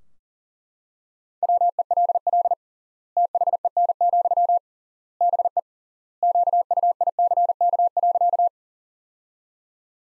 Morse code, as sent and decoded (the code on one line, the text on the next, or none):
.-- . .-.. .-.. / - .... . -. --..-- / -... . / --.- ..- .. -.-. -.- .-.-.-
WELL THEN, BE QUICK.